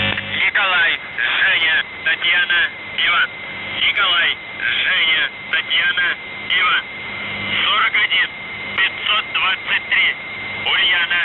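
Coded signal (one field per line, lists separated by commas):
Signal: coded military voice message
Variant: UVB-76, Russian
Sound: voice reading letters and numbers in short bursts, with a steady whistle tone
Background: radio static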